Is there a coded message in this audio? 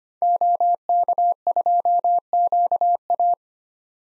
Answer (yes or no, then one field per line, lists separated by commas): yes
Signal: Morse code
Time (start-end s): 0.2-3.3 s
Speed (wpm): 25 wpm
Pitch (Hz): 700 Hz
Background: none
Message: OK2QA